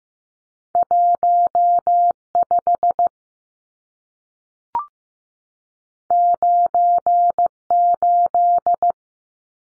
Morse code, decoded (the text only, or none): 15 98